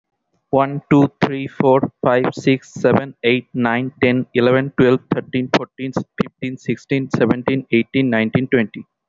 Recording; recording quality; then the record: counting at a fast pace; excellent, no background noise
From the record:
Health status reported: healthy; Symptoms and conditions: none ticked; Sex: male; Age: 26 years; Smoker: not ticked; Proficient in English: yes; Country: India